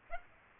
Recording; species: mosquito wingbeat signal from an infrared sensor; Aedes aegypti